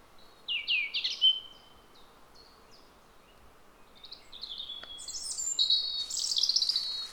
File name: Rougegorge familier Erithacus rubecula